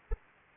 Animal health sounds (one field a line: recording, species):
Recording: mosquito wingbeat signal from an infrared sensor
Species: Anopheles arabiensis